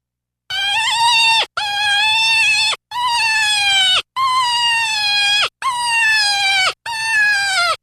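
Deer bleating six times in a row, long whiny harmonic notes that hold steady and fall abruptly at their ends, with brief pauses between calls.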